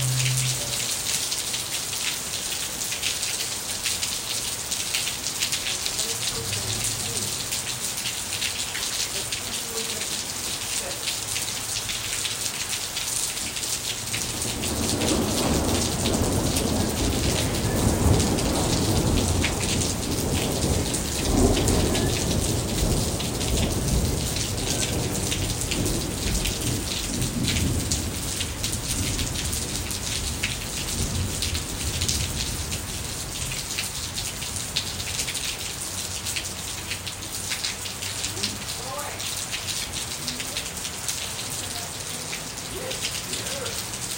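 Rain falls steadily through the whole stretch, a dense, bright hiss of drops on surfaces. From about 15 to 30 seconds a low, deep rumble swells underneath, like distant thunder, then fades back to the even patter of rain.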